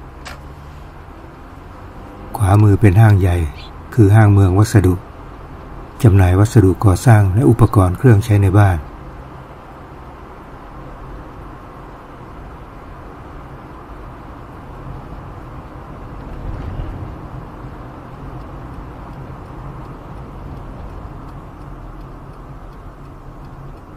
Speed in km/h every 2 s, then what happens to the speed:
77, 76, 76, 75, 74, 73, 72, 71, 70, 69, 69, 70.
0-24 steady at about 72.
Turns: none.